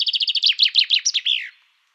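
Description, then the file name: Common chaffinch song, a quick run of high sharp notes sliding into slower descending chirps and ending in a falling flourish, all in about one and a half seconds. "Fringilla coelebs"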